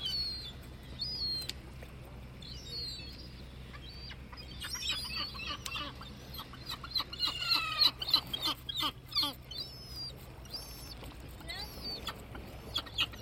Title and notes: Fishing port, Baleeira. Baleeira in Sagres. various breeds of Atlantic seagulls, gracefully scavenging the remnants of mussels being cleaned by two diligent fishermen. Recorded by Rafael Diogo. Music for Sleep